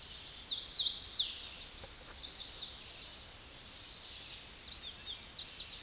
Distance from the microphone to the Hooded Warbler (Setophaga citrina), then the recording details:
about 30 m. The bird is about 10 m above the microphone. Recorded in a Pennsylvania forest on 16 May 2024 at 08:30. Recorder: AudioMoth, point MSD-2417. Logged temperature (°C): 16.4 °C. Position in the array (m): 129 m, 80 m